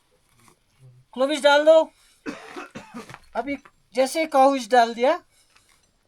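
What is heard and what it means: The carabiner of a cow's tail, a personal safety lanyard, is being clipped into climbing gear while someone talks. Brief metallic handling taps are heard near 3.1 s and 5.6 s. Nothing has locked or seated yet.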